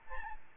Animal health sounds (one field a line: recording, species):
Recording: mosquito wingbeat signal from an infrared sensor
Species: Aedes albopictus